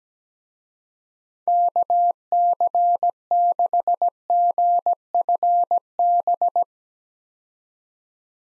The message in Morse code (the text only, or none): KC6GFB